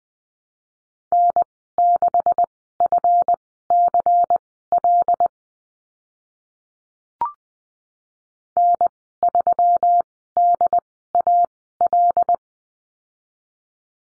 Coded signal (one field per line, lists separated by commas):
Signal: Morse code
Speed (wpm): 19 wpm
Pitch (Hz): 700 Hz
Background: none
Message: N6FCL N3DAL